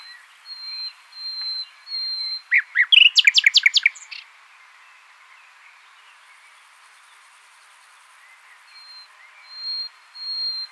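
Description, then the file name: Common nightingale song: long pure whistled notes, then a fast rattling burst of sharp repeated notes, a long pause, and more drawn-out whistles at the end. "Luscinia megarhynchos"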